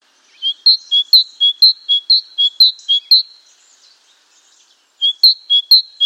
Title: G3latik b4t0. Great Tit (Parus major)